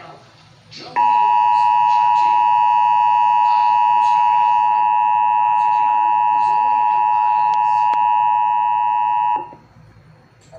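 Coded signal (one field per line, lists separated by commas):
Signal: Emergency Alert System (SAME) tones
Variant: 853 and 960 Hz attention tone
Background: speech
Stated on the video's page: Relayed severe thunderstorm warning.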